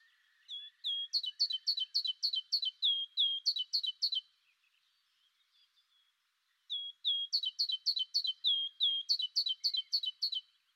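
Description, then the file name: Great tit calling in two bursts of rapid, high, clipped notes, each bright and falling slightly, with a silent pause of about two seconds between the runs. "Parus major"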